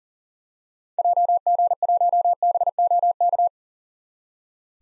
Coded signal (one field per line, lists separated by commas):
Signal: Morse code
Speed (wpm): 40 wpm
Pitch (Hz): 700 Hz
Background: none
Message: JG1BOK